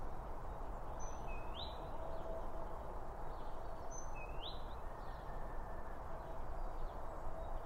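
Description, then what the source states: Birds: bird giving a short rising whistled note twice, a few seconds apart, with faint high chips over a loud steady low rumble. Birds around a bird feeder; recorded with two OM 1 microphones from Line Audio.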